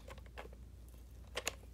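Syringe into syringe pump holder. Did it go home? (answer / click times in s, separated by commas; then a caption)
yes / 1.4 s, 1.5 s. A plastic syringe with its flange is placed into the syringe holder of an infusion pump, and the clamp or plunger arm is swung over to lock it in place. Soft handling and rustling sounds lead into two sharp clicks close together at 1.4 s and 1.5 s. The syringe is locked into the pump holder.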